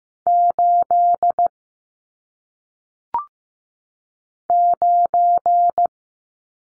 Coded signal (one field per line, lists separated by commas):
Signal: Morse code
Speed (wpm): 15 wpm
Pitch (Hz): 700 Hz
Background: none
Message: 8 9